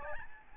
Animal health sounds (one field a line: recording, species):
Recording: mosquito wingbeat signal from an infrared sensor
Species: Aedes albopictus